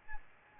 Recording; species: mosquito wingbeat signal from an infrared sensor; Aedes albopictus